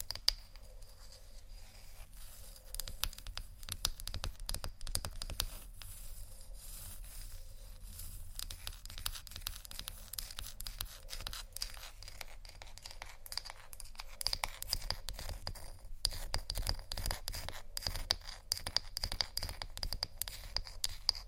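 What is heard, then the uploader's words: Textured sounds, a dense run of scratching and scraping with quick crackly ticks that keep going without pause for the whole stretch. The sound is bright and crisp, over a faint steady high whine and a low hum underneath. ASMR Relaxing Textures（No Talking）.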